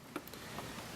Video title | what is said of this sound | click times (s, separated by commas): 11 - REPLACING THE PLC (Sec 4.3.11) | it will just clip in place on the top | 0.2 s